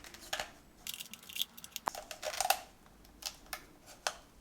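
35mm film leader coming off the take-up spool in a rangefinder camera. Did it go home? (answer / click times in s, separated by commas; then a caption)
released / 4.1 s. The rewind crank of a Voigtlander Bessa R3A 35mm rangefinder camera is turned clockwise, producing a series of short, light ratcheting clicks. At 4.1 s, a sharp click marks the 35mm film leader pulling free of the take-up spool on the right-hand side, leaving the film loose in the cassette.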